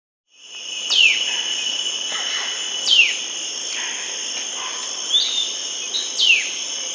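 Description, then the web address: White-winged shrike-tanager giving sharp, high notes that drop steeply in pitch, repeated four times at uneven intervals, over a steady, dense drone of insects. Recorded in the Amazon, Peru. "Birds of the Amazon 3. White-winged Shrike-Tanager (Lanio versicolor), Peru"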